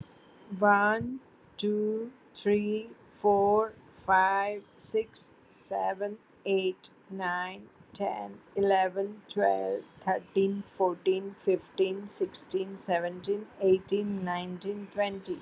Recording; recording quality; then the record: counting at a normal pace; excellent, no background noise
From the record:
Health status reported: healthy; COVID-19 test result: not tested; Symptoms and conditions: none ticked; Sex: female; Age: 54 years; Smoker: not ticked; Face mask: worn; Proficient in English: yes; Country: India